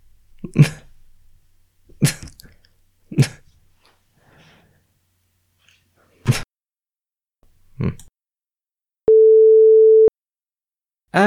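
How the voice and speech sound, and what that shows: About six short, abrupt grunts and mouth noises come at irregular intervals, separated by silence, then a steady sine-wave tone and another burst. These are involuntary vocal tics of an adult man with Tourette syndrome, diagnosed around 2016, including small grunts, hums, lip smacks and tongue sounds.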